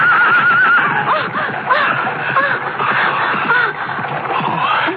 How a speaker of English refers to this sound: Oh, great Jove, there's a girl crossing the avenue. Doesn't she see it? You, look out! Get out of the way, girl, the chariot!